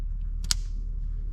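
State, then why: Seated. A fuel return line quick-connect fitting, its O-ring lubricated with WD-40, is pushed onto its port on a rebuilt Duramax diesel engine over a steady low rumble. A faint tick at 0.2 s and a softer snap at 0.45 s lead into one sharp, bright click at 0.5 s as the fitting seats.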